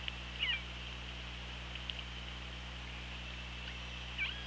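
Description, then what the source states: Killer whale calls, two short harmonic squealing calls, one early and one near the end, with faint clicks between, over constant underwater hiss and low hum. Recorded on a hydrophone at OrcaLab, 24 August 2017, 18:36.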